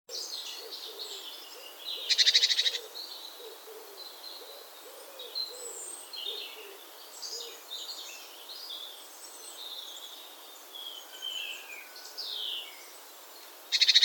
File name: Parus major